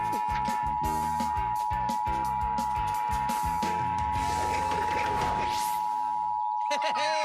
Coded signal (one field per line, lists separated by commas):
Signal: Emergency Alert System (SAME) tones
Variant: 853 and 960 Hz attention tone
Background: music